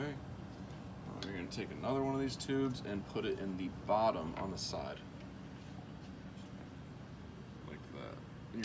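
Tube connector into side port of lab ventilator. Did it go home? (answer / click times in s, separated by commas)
yes / 8.6 s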